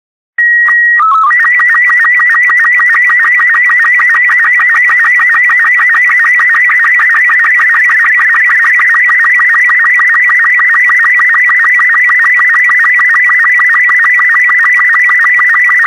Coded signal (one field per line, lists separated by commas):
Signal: SSTV (slow-scan television)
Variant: Robot 36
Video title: Untitled (cw: LOUD)